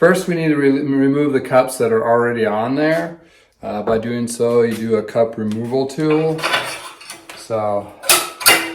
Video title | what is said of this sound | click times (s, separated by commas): How To Service a Bicycle Headset - Installing an FSA Bicycle Headset | kind of snaps into place and gets in underneath the lip of the actual Cup itself the | 8.1 s